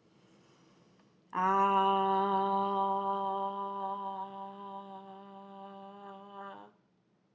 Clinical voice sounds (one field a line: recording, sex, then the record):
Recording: sustained vowel /a/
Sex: female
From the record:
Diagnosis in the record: healthy control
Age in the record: 60 years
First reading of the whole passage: 59 s, 7.9 characters per second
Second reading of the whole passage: 55 s, 8.5 characters per second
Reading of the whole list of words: 44 s, 6.4 characters per second